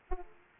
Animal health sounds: mosquito wingbeat signal from an infrared sensor; Aedes aegypti

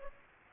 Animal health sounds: mosquito wingbeat signal from an infrared sensor; Aedes aegypti

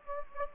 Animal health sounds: mosquito wingbeat signal from an infrared sensor; Anopheles gambiae

